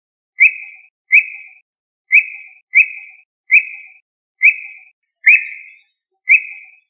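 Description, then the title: Bird giving clear, sharp whistled notes, repeated eight times at slightly uneven intervals. "LuckyPassaro Completos2Sama"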